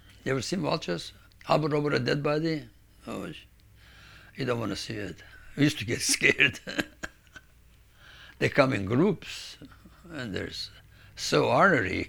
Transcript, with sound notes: Ever seen vultures hover over a dead body? Oh, you don't want to see it. We used to get scared. (he laughs) They come in groups and they're so ornery.